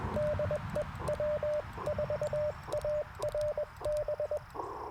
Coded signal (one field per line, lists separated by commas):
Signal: Morse code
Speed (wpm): 20 wpm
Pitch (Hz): 590 Hz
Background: radio noise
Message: DE W4ARB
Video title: Morning Morse Code - 11/11/2024